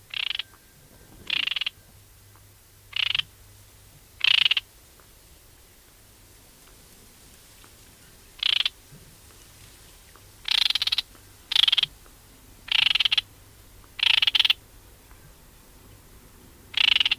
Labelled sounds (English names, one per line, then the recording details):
Great Reed Warbler alarm call
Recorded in the wild
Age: adult
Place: Baiersdorf, Bayern, DE
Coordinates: 49.6589, 11.0172
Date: 1967
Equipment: Original, Vollspur
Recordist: Tretzel, Erwin